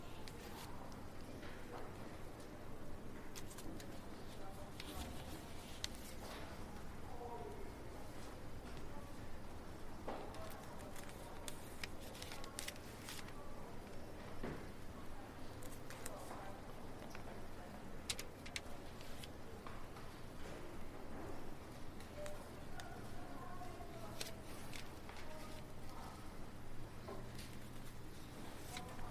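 A quiet library ambience with a steady low hum, soft murmured voices, and scattered small clicks and taps of movement throughout.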